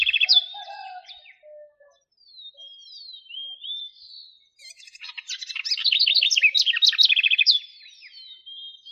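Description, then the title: Bird song opening with short whistled slurs and quiet notes, then a loud, rapid, chattering trill, ending on thin sustained whistles. "LuckyPassaros CompletosSama"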